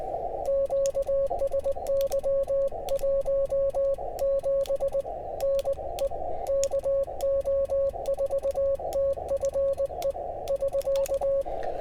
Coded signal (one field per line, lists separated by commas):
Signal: Morse code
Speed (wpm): 19 wpm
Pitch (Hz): 550 Hz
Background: radio noise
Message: QSY 17 NE KO4TFE <SK>